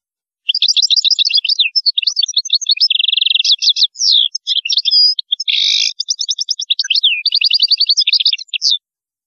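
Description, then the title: European goldfinch pouring out a continuous, rapid, tinkling twitter mixed with buzzy trills and a harsh rasping note. "Chant Chardonneret"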